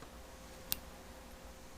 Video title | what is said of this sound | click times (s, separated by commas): Honda GL650 Wiring Harness Build PT2 - EP21 | Okay, You can hear that click, and that thing's in there securely. | 0.7 s